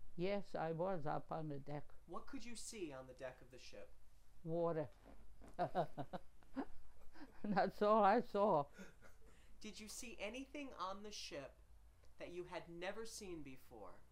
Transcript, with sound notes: Yes, I was up on the deck.
What could you see on the deck of the ship?
Water. (laughing) That's all I saw.
Did you see anything on the ship, that you had never seen before?